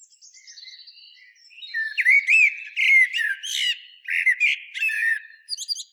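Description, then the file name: Common blackbird song, soft quiet warbling at first, then louder fluted whistles and scratchy high notes repeated in quick phrases. "Turdus merula"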